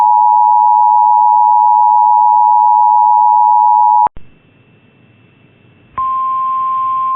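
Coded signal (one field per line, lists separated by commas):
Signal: Emergency Alert System (SAME) tones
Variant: 853 and 960 Hz attention tone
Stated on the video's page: Alerts played back with a weather alert archive app on an iPad Air 2, including required monthly tests, a dust storm warning, a flash flood watch and a hazardous materials warning.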